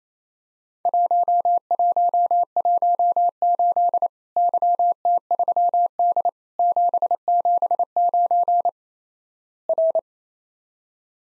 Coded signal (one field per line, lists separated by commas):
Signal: Morse code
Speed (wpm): 28 wpm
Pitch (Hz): 700 Hz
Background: none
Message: 1118 YT3D 779 R